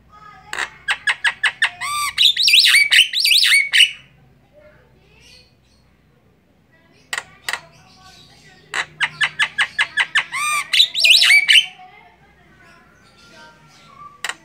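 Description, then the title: Javan myna chattering: two bursts of rapid clicking notes rising into harsh, squealing phrases, separated by a quiet gap. Singing; the local term for the song style is ngoceh. "Jalak Kebo Ngoceh"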